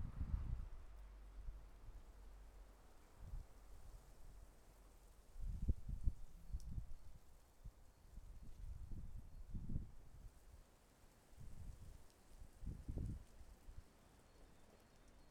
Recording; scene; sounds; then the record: everyday scene through a hearing-aid microphone; wind on the microphone; wind, traffic, birds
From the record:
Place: suburban garden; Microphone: behind the ear, left, front